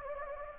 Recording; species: mosquito wingbeat signal from an infrared sensor; Anopheles gambiae